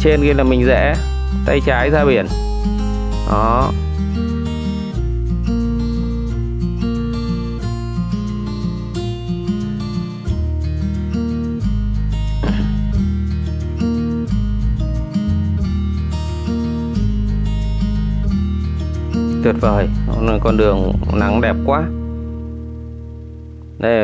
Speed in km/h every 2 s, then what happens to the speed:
55, 55, 54, 55, 57, 58, 58, 57, 57, 54, 45, 44.
0-16 steady at about 57. 16-24 slows to 44.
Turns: none.